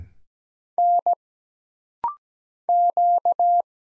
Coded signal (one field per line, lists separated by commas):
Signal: Morse code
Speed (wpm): 17 wpm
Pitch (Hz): 700 Hz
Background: none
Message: N Q